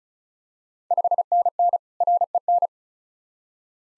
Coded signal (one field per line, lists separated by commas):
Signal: Morse code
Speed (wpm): 34 wpm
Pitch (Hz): 700 Hz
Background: none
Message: 5NN REN